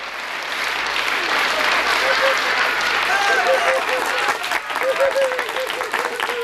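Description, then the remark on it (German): An audience claps steadily for several seconds at the end of an afternoon puppet show performance, a dense, loud wash of many hands, with a few voices calling out faintly through the applause. “Das Spiel ist jetzt aus und drum klatscht's in die Hint.”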